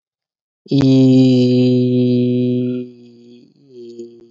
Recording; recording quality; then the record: sustained vowel as in beet; excellent, no background noise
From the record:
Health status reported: COVID-19 positive, mild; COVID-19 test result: positive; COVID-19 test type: RT-PCR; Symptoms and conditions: cold, breathing difficulty, sore throat, fever, fatigue, muscle pain, loss of smell and taste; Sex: male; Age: 33 years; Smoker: no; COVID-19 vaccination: both doses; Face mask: worn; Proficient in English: yes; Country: India